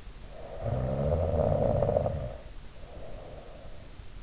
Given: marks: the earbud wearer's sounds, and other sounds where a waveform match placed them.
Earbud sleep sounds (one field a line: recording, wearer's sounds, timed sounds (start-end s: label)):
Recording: sounds in sleep by an in-ear microphone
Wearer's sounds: snoring breath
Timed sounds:
0.33-3.93 s: snoring breath